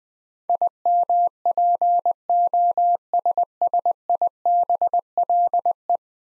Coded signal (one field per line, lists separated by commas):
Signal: Morse code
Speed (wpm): 21 wpm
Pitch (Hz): 700 Hz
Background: none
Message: IMPOSSIBLE